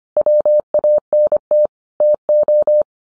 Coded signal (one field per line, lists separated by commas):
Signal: Morse code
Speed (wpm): 25 wpm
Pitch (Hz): 600 Hz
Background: none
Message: WANT TO